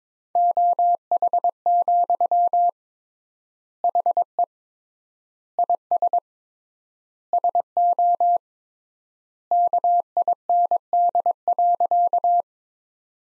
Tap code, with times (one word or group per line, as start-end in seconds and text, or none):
none